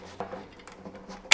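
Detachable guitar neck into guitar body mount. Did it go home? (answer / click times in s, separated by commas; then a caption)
yes / 1.3 s. The detachable carbon-fiber neck of a Journey OF660M travel guitar is pushed onto the body's peg mount, with soft knocks and rustling at about 0.2 s and 0.7 s. A sharp, loud click at 1.3 s marks the neck locking in place as its small release button engages, so the neck is seated.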